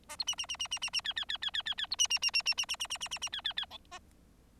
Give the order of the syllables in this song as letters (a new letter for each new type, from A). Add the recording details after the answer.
A B C C C C C C C D D D D D D D B C C C C C C C C C C C C D D D E A. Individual Bird4